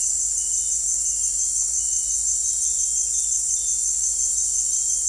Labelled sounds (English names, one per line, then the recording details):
none
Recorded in dense forest near Puerto Asís, Putumayo, Colombia, on 21 December 2024 at 18:00
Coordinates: 0.485, -76.318
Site GP03